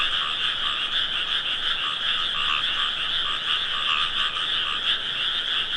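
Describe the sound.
Frog chorus, overlapping buzzy croaks forming a steady two-band trill, with occasional lower notes standing out.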